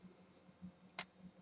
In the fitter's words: You're going to push it. You're going to hear a snap.